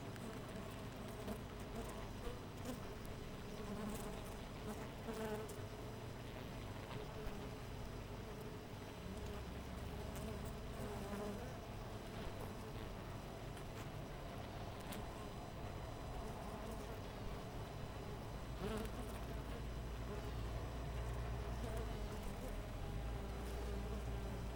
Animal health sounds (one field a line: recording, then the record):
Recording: honeybee colony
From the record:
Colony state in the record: missing queen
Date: 14 July 2017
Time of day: 5:45